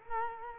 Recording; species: mosquito wingbeat signal from an infrared sensor; Culex quinquefasciatus